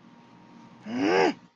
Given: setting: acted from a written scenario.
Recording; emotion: vocal sound without words; anger